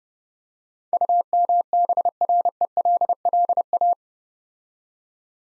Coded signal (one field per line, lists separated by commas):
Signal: Morse code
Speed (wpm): 32 wpm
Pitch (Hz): 700 Hz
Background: none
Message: UMBRELLA